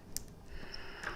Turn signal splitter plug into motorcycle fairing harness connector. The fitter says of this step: very simple female-to-male on this side listen for the click same